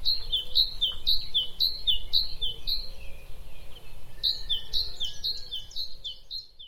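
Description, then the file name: Great tit song: bright two-note phrases, high then slightly lower, repeated about twice a second in two bouts separated by a brief pause, with faint low background hum. "Parus major"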